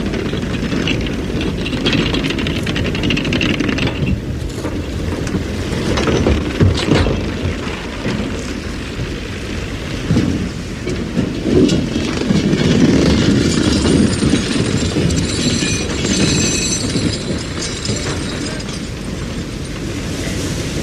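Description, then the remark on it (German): Small trawl otter boards clatter and bang as a winch hauls them up onto a fishing trawler on a fishing trip to East Greenland, over a loud, steady mechanical rumble with scattered metallic knocks throughout. “Die kleinen Scherbretter poltern hoch.”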